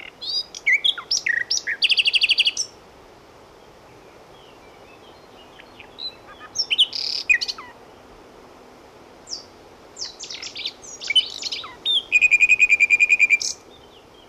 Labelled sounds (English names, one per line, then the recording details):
Common Nightingale song
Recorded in the wild
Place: Camargue, FR
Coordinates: 43.5239, 4.64528
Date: 1965-04-20
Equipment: Uher Report 4000, AKG D190
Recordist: Krey, Winfried
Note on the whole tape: Gesang